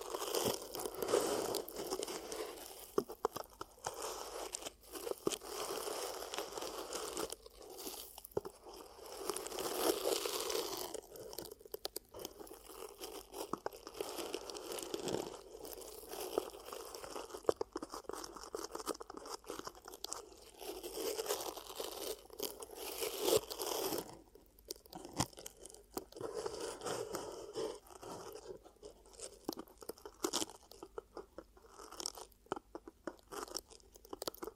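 Ear cupping triggers with dense, crackly rustling that swells and fades in irregular waves for the full length. Louder bursts come around 9–11 seconds and again near 25–30 seconds, with a soft low hum underneath and brief quieter gaps between.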